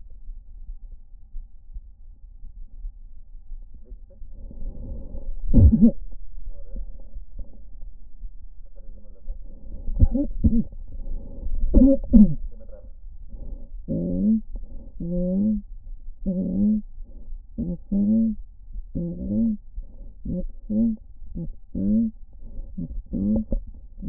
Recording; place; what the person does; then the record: lung sounds by stethoscope; right anterior apical chest; quiet breathing, then cough and speech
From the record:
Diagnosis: COPD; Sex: female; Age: 68 years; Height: 150 cm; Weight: 70 kg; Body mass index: 31.1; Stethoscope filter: diaphragm mode